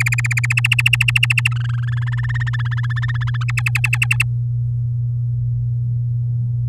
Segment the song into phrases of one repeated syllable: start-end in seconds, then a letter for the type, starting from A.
0.00-0.53 A, 0.57-1.48 B, 1.51-1.94 C, 1.97-3.44 D, 3.48-4.24 E